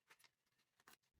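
A zipper pull is slowly worked onto the teeth of a vinyl clutch zipper after sitting crooked, one tooth off. Faint scratchy ticks come near 0.1 and 0.25 seconds, followed by a sharper, louder scrape around 0.9 seconds. Nothing has seated or clicked yet.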